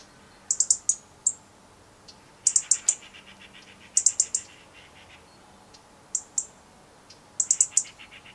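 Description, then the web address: European robin giving bursts of sharp, high ticking notes, mostly three or four per burst, with a few single ticks and faint, lower rhythmic pulsing underneath. "SETE Erithacus rubecula"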